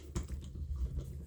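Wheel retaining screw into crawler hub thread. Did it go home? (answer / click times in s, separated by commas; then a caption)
no / none. A captive wheel retaining screw is turned in reverse with a screw tool in a crawler hub thread, to find the thread start before driving it forward. Low handling rumble and a few light taps are heard, the strongest near 0.2 s and 1.3 s. Nothing has clicked or seated yet.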